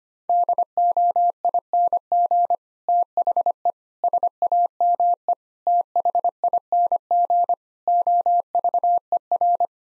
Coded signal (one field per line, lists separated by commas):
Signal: Morse code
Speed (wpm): 25 wpm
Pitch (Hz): 700 Hz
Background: none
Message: DOING THE SAME THING OVER